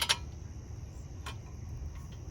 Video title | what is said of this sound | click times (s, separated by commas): 2018 Subaru Outback Front Brakes | set these back in here till you hear a click | 0.1 s